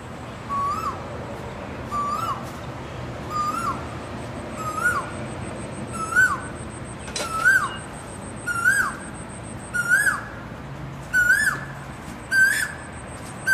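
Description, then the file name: Asian koel calling a rising whistled note about ten times at a steady pace of roughly 1.3 seconds, over a faint continuous high-pitched whine. Calling to attract a mate. "นกกาเหว่าร้องหาคู่"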